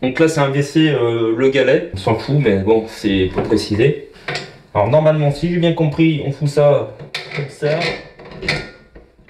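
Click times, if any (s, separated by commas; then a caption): none. A fitting part is handled and pushed toward place on a wall-hung WC support frame while someone talks throughout. A few faint knocks come near the end, around 9.0 and 9.3 seconds, but the part has not yet seated or clicked in when the clip ends.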